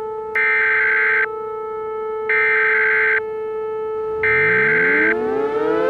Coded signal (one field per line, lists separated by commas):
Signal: Emergency Alert System (SAME) tones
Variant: header bursts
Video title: EAS Scenario - Titan Kitty